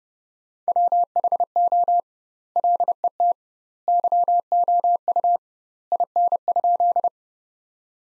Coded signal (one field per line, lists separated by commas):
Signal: Morse code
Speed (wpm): 30 wpm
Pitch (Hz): 700 Hz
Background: none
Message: WHO LET YOU IN?